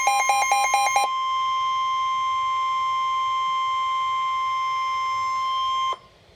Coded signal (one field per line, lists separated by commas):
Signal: Emergency Alert System (SAME) tones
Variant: 1050 Hz attention tone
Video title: Severe Thunderstorm Warning - EAS #444